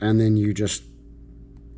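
A replacement battery's wired connector is handled near its electronics socket in the frame of a pair of Original Thump flip-up lens sunglasses, with the wires up, while someone talks for the first 0.8 seconds. After that, only a low steady hum remains, with a tiny faint tick at 1.6 seconds. Nothing has seated or clicked yet.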